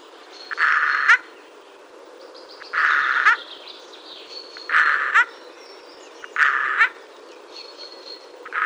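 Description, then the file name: Eurasian jay calling with repeated raspy, scolding screeches, about five over eight seconds, while other small birds whistle faintly behind. "Garrulus glandarius"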